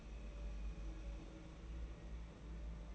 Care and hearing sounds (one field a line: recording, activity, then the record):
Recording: daily activity, microphone in the room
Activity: place on stove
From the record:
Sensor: 1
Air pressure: 992.0 hPa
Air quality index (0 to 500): 217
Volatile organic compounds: 1000 ppm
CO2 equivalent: 8446 ppm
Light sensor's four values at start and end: 21/74/29/29 and 21/74/29/29